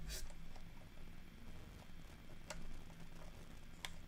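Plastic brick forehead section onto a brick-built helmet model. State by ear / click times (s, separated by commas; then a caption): seated / 3.8 s. A plastic forehead section is pressed onto a brick-built Lego Marvel Super Heroes Iron Man (76165) helmet model in a tight fit. Soft handling noise and a sharp plastic tick at about 2.5 s lead to a crisp snap at 3.8 s as the piece clicks fully into place, seated perfectly.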